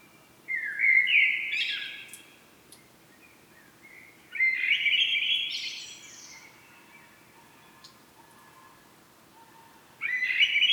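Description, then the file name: Common blackbird song in three rich, whistled phrases separated by quiet pauses, the first two rising into a squeaky, twittery finish. "Turdus merula"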